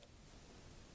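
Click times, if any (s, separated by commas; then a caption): none. A rubber spark plug boot is pushed back onto the plug terminal of a Honda Ruckus scooter engine, right after the spark plug is installed, while the scooter is being readied for storage. Only steady broadband hiss and faint rustling are heard, with a small soft tick at 0.0 s. Nothing has seated or clicked yet.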